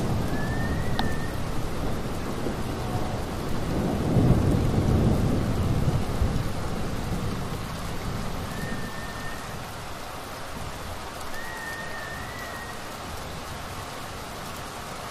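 Steady rain falls throughout a thunderstorm, a dense hiss over the whole fifteen seconds. Around four to six seconds a deep rumble of thunder swells and then fades, leaving the rain slightly quieter. Faint thin whistling tones drift in briefly near the start and around nine and twelve seconds.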